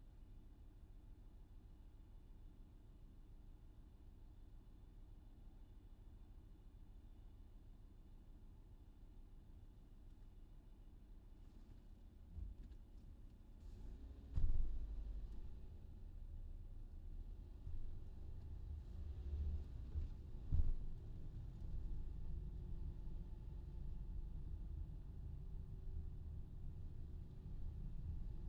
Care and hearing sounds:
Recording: everyday scene through a hearing-aid microphone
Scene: in a vehicle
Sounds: engine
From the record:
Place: VW T5 Caravelle, diesel engine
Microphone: in the ear canal, left

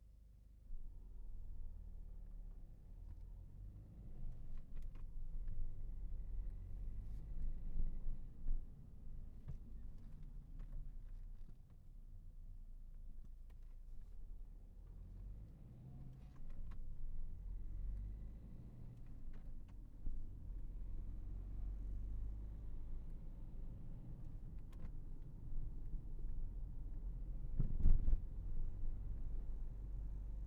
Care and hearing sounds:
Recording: everyday scene through a hearing-aid microphone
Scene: in a vehicle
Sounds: engine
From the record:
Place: Berlingo II, diesel engine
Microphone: behind the ear, left, rear

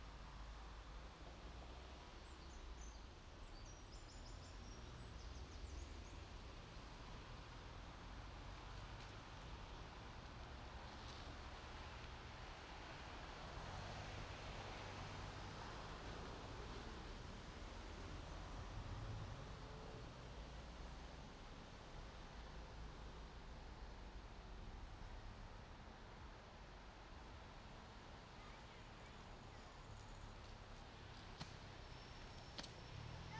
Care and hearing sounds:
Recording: everyday scene through a hearing-aid microphone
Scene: in traffic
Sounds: traffic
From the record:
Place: main road on the outskirts, rush hour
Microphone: in the ear canal, right

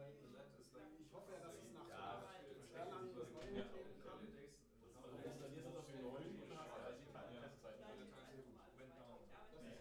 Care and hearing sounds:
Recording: everyday scene through a hearing-aid microphone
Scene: many people talking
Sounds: many voices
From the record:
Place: bistro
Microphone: behind the ear, left, front

